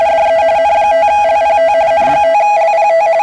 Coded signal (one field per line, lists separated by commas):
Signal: RTTY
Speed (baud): 45.45 baud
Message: DE N5LPT N5LPT